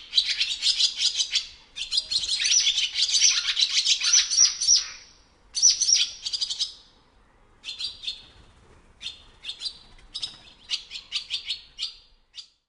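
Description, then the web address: Swallow twittering: dense bursts of high, chattering chirps for about five seconds, a pause, then shorter scattered twitters and single chips trailing off. "animal call swallow call"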